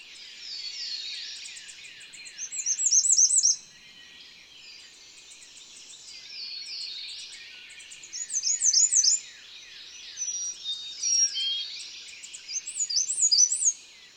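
Bird song of rapid high twittering phrases with sharp chirps and trills, bursts around three, nine, eleven and thirteen seconds over a steady background hiss.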